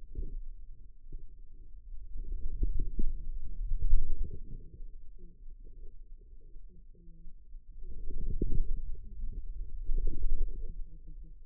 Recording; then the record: forearm muscle sounds (acoustic myography)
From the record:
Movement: wrist extension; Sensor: system 2, bracelet of six BSWA MPA416 microphones around the upper forearm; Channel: 4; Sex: female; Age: 25 years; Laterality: right